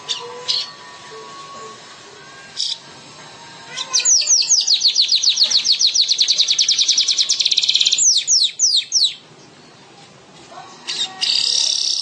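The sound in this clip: Bird song, a long rapid series of high downslurred notes building into a fast trill, with short high bursts before and after.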